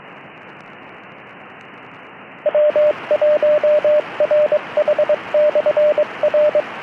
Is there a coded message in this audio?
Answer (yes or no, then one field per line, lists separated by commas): yes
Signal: Morse code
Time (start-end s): 2.5-6.6 s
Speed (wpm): 22 wpm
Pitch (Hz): 600 Hz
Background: radio noise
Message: W1RH/R